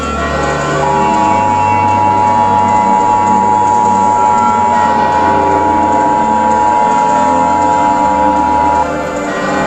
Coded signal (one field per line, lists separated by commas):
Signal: Emergency Alert System (SAME) tones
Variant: 853 and 960 Hz attention tone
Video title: (Wider US) Mini EAS Scenario: Doomsday has arrived